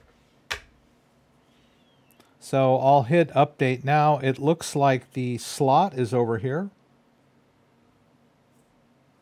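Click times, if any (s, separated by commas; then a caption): none. A microSD card holding the firmware file is being handled at the card slot of a Keystone Pro air-gapped hardware wallet. A single sharp tap is heard near 0.5 s and faint ticks around 2.1–2.2 s, then someone talks from about 2.5 to 6.7 s over a quiet background. The card has not yet seated or clicked into the slot.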